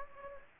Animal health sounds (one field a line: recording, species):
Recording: mosquito wingbeat signal from an infrared sensor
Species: Anopheles gambiae